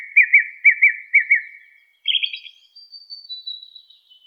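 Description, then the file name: Song thrush song: a short clear phrase repeated in three quick pairs, followed by a buzzier phrase and thin high whistles; no other sounds. "suara kicauan burung song thrush. omkicau"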